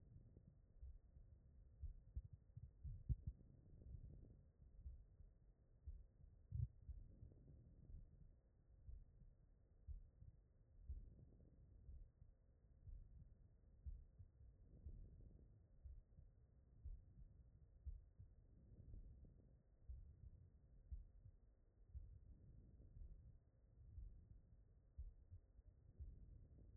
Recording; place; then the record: heart sounds by stethoscope; aortic valve (AV)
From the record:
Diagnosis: non-HFrEF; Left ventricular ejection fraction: 71%